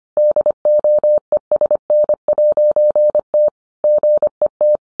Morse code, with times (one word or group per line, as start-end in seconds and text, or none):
0.2-3.5 DOESN'T
3.8-4.8 GET